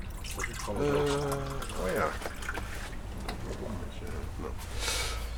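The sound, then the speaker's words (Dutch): Water is poured in a steady, hissing trickle, with a brief rising swell near the end. A voice murmurs and hums over it at the start. “Nou, ja, water, even denken hoor. Moet water.”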